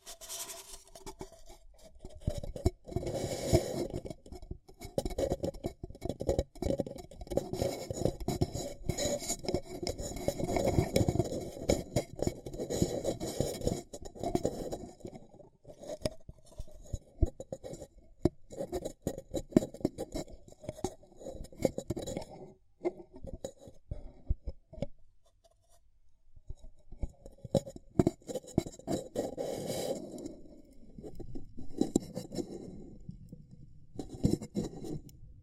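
Ear cupping triggers: dense, rustling scrapes and muffled rubbing sounds, mostly low and soft with a scratchy edge. The rubbing comes in bursts, thick for the first fifteen seconds, thinning with short pauses near 16, 23 and 25 seconds, then swelling again in slower strokes.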